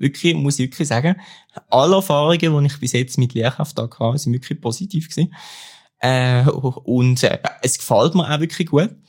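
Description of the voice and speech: An adult man speaking German with stuttering disfluency: a stretched vowel, a tense pause and a prolonged creaky sound.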